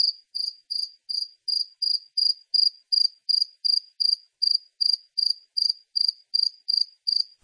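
Cricket chirp: a regular run of short, shrill trilled notes, softer at first then louder, evenly spaced.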